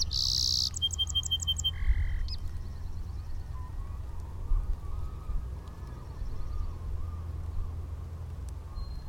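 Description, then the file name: Song sparrow song: harsh buzzy opening, a rapid row of sweet repeated notes, then a lower buzzy ending; steady low rumble and faint chirps fill the rest. Heard at Inner Point in 2012. "SOSP Inner Point"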